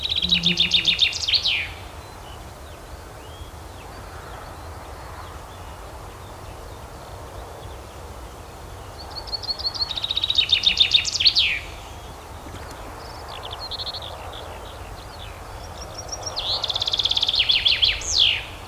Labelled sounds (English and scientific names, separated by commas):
Common Chaffinch (Fringilla coelebs) song